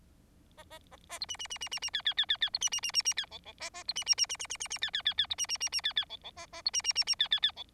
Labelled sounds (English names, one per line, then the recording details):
Bengalese Finch song
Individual Bird4